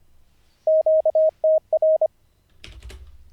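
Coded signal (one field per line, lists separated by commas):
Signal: Morse code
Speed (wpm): 25 wpm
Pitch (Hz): 630 Hz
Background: none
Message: QTR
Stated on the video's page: Daily ten-minute Morse code learning practice, live-streamed, day 45 of 90.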